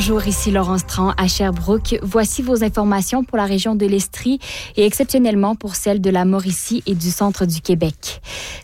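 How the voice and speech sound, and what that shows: An adult woman presenter reads French regional radio news for Ici Radio-Canada Première from Sherbrooke, clearly and fluently, at a steady pace with a normal voice.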